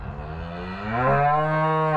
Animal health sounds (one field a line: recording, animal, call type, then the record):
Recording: contact call of a hoofed animal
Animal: cattle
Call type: low-frequency (closed-mouth) or high-frequency (open-mouth) call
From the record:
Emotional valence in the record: negative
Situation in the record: full separation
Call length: 2.0 s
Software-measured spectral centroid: 1080 Hz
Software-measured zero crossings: 1410 a second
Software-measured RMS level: -23 dBFS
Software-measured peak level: -10 dBFS